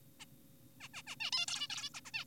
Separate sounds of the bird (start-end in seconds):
0.20-0.25, 0.81-0.88, 0.94-1.02, 1.07-1.16, 1.20-1.31, 1.32-1.46, 1.48-1.68, 1.70-1.89, 1.94-2.01, 2.06-2.11, 2.14-2.25